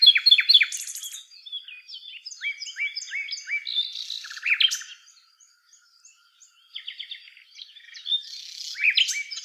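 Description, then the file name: Common nightingale song: varied whistles and rapid stuttering trills, a brief pause, then another burst of loud varied notes. "Luscinia megarhynchos"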